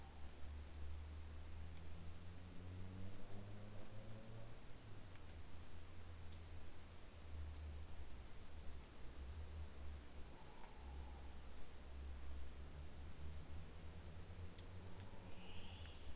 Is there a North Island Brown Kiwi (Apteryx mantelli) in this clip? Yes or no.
no